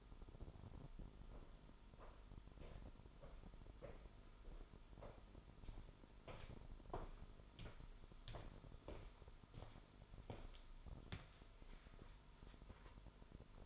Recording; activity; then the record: daily activity, microphone in the room; walk to room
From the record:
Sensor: 5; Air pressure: 988.3 hPa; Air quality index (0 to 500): 196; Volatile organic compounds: 65 ppm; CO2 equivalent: 3471 ppm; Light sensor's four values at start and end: 48/144/56/60 and 48/135/54/60